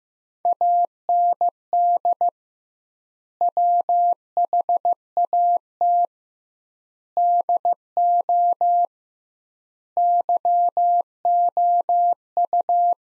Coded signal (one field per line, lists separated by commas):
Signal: Morse code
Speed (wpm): 15 wpm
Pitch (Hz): 700 Hz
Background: none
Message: AND WHAT DO YOU